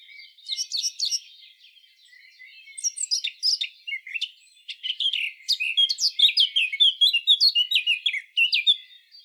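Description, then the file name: Eurasian blackcap song: short bursts of scratchy notes that build into a long, fast, varied warbling phrase. "Sylvia atricapilla"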